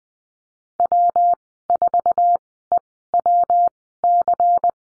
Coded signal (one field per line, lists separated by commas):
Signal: Morse code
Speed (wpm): 20 wpm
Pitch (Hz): 700 Hz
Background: none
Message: W4EWC